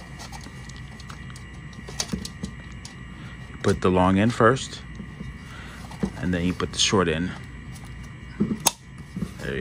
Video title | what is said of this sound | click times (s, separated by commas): VW Bug Headlight Assembly Upgrade | go snap right in so it goes behind the screw | 8.7 s